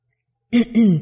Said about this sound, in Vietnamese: Nhan Tra Tán và Tưởng Bình ho khan mấy tiếng.